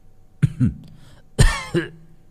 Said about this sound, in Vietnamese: nghe thấy giọng Nguyệt mở mắt ho lên mấy tiếng khụ khụ